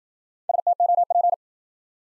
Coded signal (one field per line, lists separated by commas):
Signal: Morse code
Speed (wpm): 53 wpm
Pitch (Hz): 700 Hz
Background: none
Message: STOP